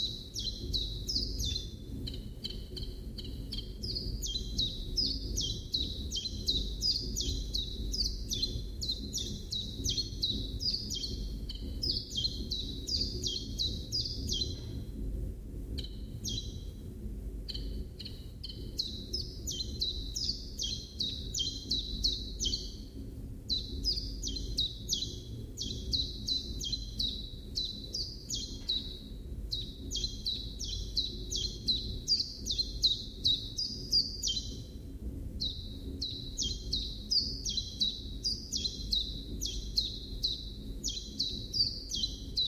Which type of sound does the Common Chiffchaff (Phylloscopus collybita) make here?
song